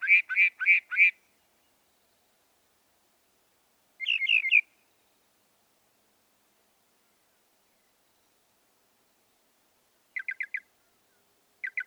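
Northern mockingbird with a quick burst of four chirps, a single short buzzy phrase, a long silence, and two brief trills near the end.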